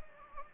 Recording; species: mosquito wingbeat signal from an infrared sensor; Anopheles gambiae